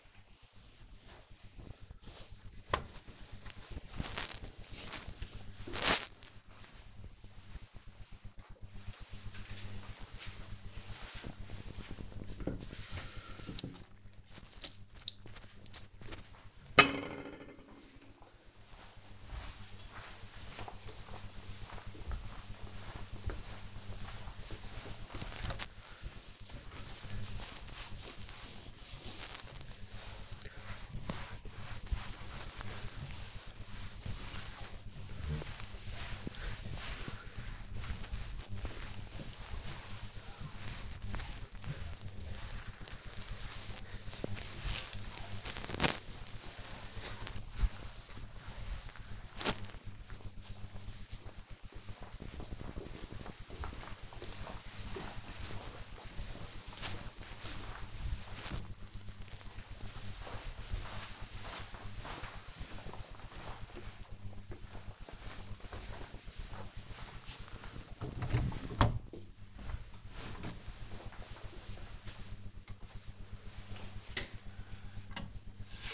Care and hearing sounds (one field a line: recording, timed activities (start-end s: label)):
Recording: household activities, microphone on the right wrist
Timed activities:
7.56-49.87 s: cleaning table
72.02-75.94 s: washing hands